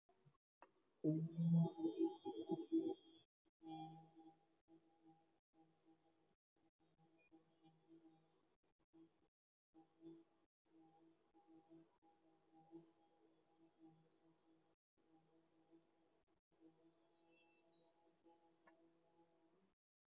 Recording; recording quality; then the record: sustained vowel as in boot; moderate, slight background noise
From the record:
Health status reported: healthy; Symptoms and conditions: none ticked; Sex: male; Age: 22 years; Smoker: not ticked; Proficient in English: yes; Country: India